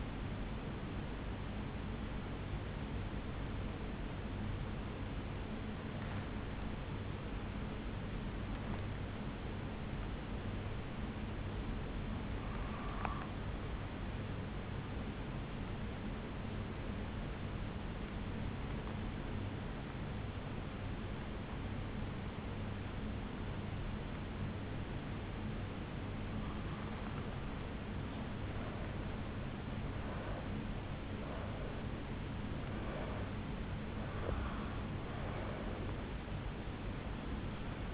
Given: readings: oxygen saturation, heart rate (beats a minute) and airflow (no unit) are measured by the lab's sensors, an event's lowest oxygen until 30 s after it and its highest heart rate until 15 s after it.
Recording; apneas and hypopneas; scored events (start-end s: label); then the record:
breathing in sleep by a voice recorder at the bedside; 1
3.00-28.40 s: hypopnea (N1, oxygen 96% highest, then 87% lowest, heart rate 56 at the start, 72 highest)
From the record:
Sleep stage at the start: N1 (lightest sleep); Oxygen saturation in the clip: 90 to 96%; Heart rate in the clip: 54 to 72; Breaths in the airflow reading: 6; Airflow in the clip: -10.1 to 5.3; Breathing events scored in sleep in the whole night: 449 in 7.0 hours asleep